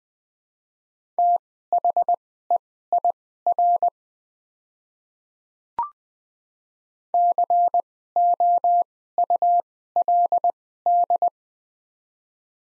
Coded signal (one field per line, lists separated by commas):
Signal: Morse code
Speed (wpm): 21 wpm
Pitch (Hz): 700 Hz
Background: none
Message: THEIR COULD